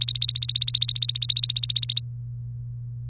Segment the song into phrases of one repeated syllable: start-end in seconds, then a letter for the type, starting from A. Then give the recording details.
0.00-2.00 A. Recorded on 3 May 2018 at 07:17. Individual llb3